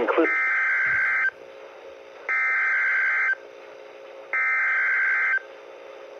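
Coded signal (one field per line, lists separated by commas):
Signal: Emergency Alert System (SAME) tones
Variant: header bursts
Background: speech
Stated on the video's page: Tornado warning received on Midland ER310 and Midland WR120EZ weather radios from two weather radio stations.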